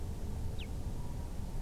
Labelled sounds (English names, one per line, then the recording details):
Common Chaffinch
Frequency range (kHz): Common Chaffinch 2.0-4.1 kHz
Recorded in France